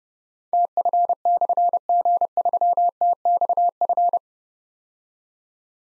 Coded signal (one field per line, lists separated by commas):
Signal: Morse code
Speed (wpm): 28 wpm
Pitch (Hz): 700 Hz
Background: none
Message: TF/G3TXF